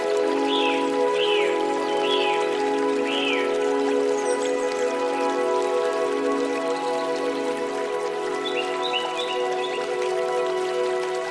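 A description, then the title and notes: Nature sounds with bird calls over a steady, sustained musical drone of layered held tones. Bright rising chirps repeat about once a second for the first few seconds, fade out, then return as quicker twittering near the end. Overall level stays even throughout. Sounds of nature.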